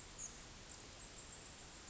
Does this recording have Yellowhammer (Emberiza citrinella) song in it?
no